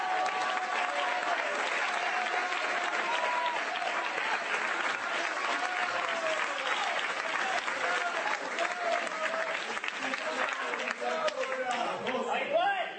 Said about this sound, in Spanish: Voy a aplaudir con algunos que no pueden.